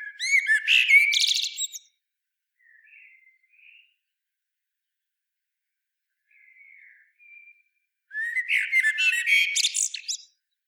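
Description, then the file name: Common blackbird giving two loud, scratchy twittering phrases separated by about six seconds, with faint thin whistles in the gap; background quiet. "Turdus merula"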